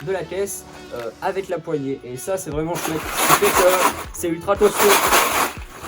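A plastic clip on the front of a screw storage case is being handled while someone talks over background music. Nothing has seated or clicked yet; the clip ends before the clip snaps shut.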